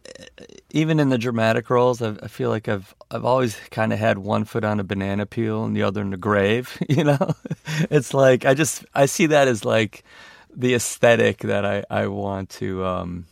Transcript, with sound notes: even in the dramatic roles, I feel like I've always kind of had one foot on a banana peel and the other in the grave, you know (laughter)? It's like, I just - I see that as, like, the aesthetic that I want to